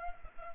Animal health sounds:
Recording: mosquito wingbeat signal from an infrared sensor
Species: Culex pipiens

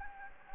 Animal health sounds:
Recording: mosquito wingbeat signal from an infrared sensor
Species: Anopheles gambiae

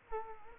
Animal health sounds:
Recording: mosquito wingbeat signal from an infrared sensor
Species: Culex quinquefasciatus

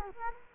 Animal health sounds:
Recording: mosquito wingbeat signal from an infrared sensor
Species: Culex quinquefasciatus

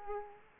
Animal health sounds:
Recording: mosquito wingbeat signal from an infrared sensor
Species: Aedes aegypti

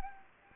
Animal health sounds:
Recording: mosquito wingbeat signal from an infrared sensor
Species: Anopheles gambiae

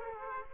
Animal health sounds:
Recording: mosquito wingbeat signal from an infrared sensor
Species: Aedes aegypti

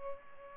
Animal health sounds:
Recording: mosquito wingbeat signal from an infrared sensor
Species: Culex pipiens

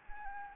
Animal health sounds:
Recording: mosquito wingbeat signal from an infrared sensor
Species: Anopheles gambiae

